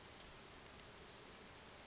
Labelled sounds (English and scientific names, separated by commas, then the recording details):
Brown Creeper (Certhia americana)
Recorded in Sonoma County, California